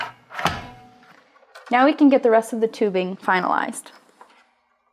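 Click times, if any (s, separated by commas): 0.5 s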